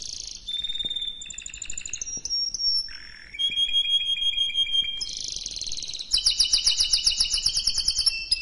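Canary song of shifting tours: whistled slides, a low buzz and steady trills, ending in a loud, very rapid rattling roll.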